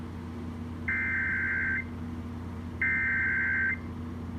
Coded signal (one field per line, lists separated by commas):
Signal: Emergency Alert System (SAME) tones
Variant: header bursts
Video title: EAS #36 - Tornado Warning